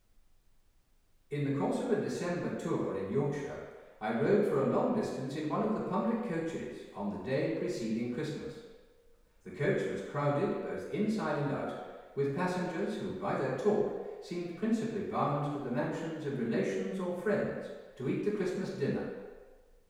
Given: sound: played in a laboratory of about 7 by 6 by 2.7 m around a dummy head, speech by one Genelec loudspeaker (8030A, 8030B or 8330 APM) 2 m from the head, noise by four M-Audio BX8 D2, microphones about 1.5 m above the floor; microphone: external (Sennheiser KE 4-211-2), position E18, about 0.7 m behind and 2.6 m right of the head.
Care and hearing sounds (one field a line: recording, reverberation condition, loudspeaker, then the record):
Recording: male speech in English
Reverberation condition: high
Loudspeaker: 90 degrees to the left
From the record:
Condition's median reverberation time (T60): about 1300 ms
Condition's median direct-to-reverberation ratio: about -4.0 dB